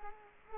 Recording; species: mosquito wingbeat signal from an infrared sensor; Culex quinquefasciatus